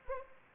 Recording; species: mosquito wingbeat signal from an infrared sensor; Anopheles arabiensis